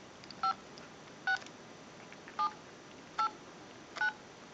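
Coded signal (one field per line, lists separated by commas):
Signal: DTMF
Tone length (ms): 100 ms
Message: 56 789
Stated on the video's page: Tones from a General Electric 6.0 27909 cordless telephone under checkout and repair.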